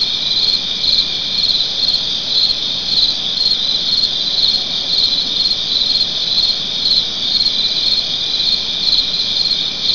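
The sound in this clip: Cricket chirping continuously in a high, shrill trill with a steady pulsing rhythm.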